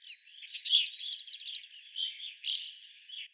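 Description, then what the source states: Evening Grosbeak giving high chirping calls with a quick trilled run, then scattered chirps. Evening grosbeaks visiting a yard in the Duluth area from April through spring 2021.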